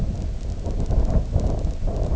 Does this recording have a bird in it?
no